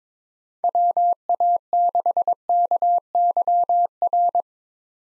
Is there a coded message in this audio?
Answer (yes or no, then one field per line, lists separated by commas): yes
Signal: Morse code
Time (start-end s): 0.6-4.4 s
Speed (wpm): 22 wpm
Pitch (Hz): 700 Hz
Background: none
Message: WA6KYR